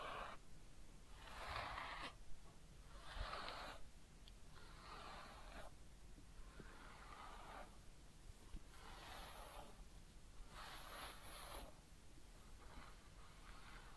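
Head massage and ear cleaning come through as soft, scratchy rubbing strokes in repeated bursts, roughly one every second or so, some brighter and hissier than others. A low steady hum sits underneath throughout, with occasional faint taps.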